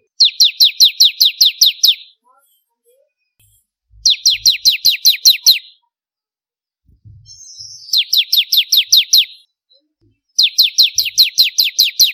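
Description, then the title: Bar-winged prinia repeating short bursts of high, sharp downward-sliding chirps, many per burst at a fast steady pace, separated by short silent gaps. "Kicau Ciblek Kristal"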